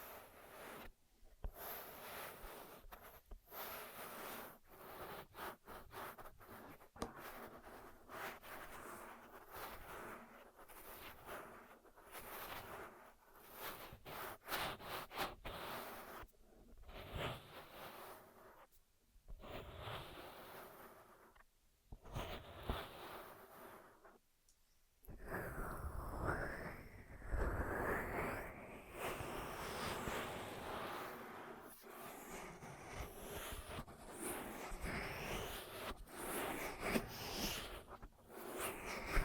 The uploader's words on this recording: ASMR 10 Ear Massages for Sleep (No Talking).